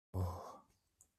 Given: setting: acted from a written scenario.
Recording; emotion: vocal sound without words; desire